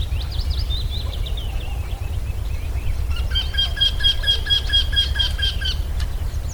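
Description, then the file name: Eurasian wryneck calling: a quick run of many repeated notes, after a fainter series of calls, over a steady low rumble. "Torcicollo"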